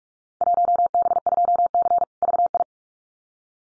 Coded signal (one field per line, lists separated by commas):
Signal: Morse code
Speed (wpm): 44 wpm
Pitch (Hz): 700 Hz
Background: none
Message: 1B2C VI